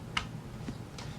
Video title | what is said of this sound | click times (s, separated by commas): Hướng dẫn Người mới bắt đầu sự dụng một máy tính | so support the back of the card with your hand and push it till it clicks you're | 0.2 s